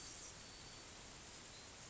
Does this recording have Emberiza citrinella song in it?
no